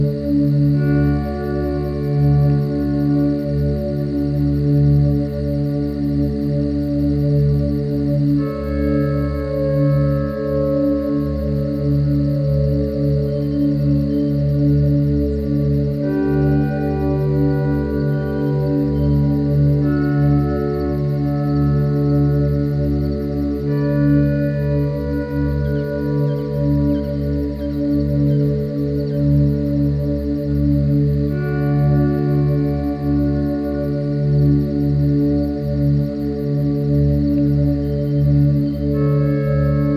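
Slow meditation music tuned to 432 Hz: warm, sustained humming tones like singing bowls, layered into a steady drone at an even loudness. The chords shift gently about every seven or eight seconds, and a faint, thin high whine sits above the whole time.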